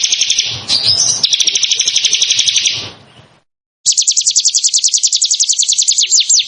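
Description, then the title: Bar-winged prinia song: first a high buzzy rattling trill, then a short silence, then a rapid series of thin, sharply descending whistled notes. "Ciblek Sawah"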